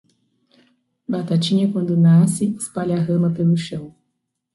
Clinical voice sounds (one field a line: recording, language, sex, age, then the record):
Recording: short text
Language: Brazilian Portuguese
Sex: female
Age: 30 to 39 years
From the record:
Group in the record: control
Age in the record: 30 years